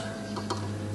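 While the brake shoes are being fitted, the metal self-adjuster of a drum brake slips out of position from between the brake shoes. It gives a short metallic clack at 0.5 s over a steady low hum. The adjuster comes loose rather than staying in place.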